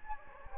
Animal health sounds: mosquito wingbeat signal from an infrared sensor; Anopheles gambiae

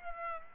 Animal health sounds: mosquito wingbeat signal from an infrared sensor; Aedes aegypti

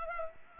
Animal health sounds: mosquito wingbeat signal from an infrared sensor; Culex pipiens

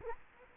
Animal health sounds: mosquito wingbeat signal from an infrared sensor; Culex quinquefasciatus

